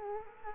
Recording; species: mosquito wingbeat signal from an infrared sensor; Culex quinquefasciatus